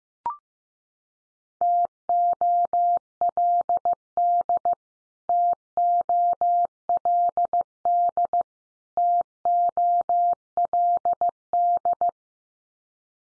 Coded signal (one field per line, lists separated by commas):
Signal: Morse code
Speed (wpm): 15 wpm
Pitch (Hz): 700 Hz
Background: none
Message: TOLD TOLD TOLD